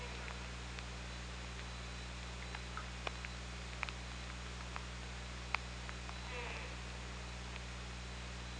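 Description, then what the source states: Killer whale call, a brief banded burst with a lower curving tone partway through, amid sparse sharp clicks and a constant low hum. Hydrophone recording from OrcaLab, 24 August 2017, 23:55.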